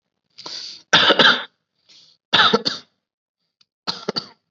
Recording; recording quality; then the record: shallow voluntary cough; excellent, no background noise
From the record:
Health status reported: COVID-19 positive, mild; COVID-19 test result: positive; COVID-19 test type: rapid antigen test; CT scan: not taken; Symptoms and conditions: cough, fever, muscle pain, diarrhoea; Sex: male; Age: 27 years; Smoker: no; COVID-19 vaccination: none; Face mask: not worn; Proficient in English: yes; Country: India